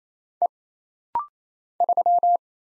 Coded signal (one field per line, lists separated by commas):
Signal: Morse code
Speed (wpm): 27 wpm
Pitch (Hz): 700 Hz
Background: none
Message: E 3